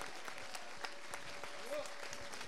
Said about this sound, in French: Je voulais juste également qu'on fasse un tonnerre d'applaudissements pour l'organisation